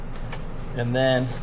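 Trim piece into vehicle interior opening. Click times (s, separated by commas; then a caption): 0.3 s. The bottom edge of a fitted trim piece is pushed into its opening in a vehicle interior and clicks into place at 0.3 s, seating it. Someone talks afterward.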